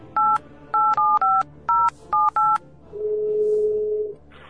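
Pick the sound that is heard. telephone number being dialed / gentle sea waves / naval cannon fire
telephone number being dialed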